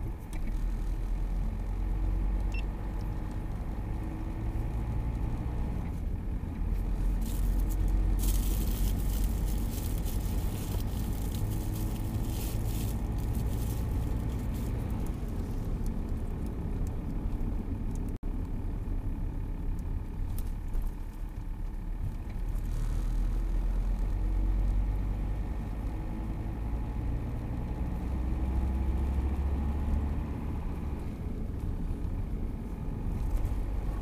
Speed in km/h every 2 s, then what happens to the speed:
17, 19, 27, 30, 32, 36, 38, 40, 39, 33, 25, 23, 25, 27, 33, 35, 35.
0-14 speeds up to 40. 14-21 slows to 23. 21-34 speeds up to 35.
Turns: none.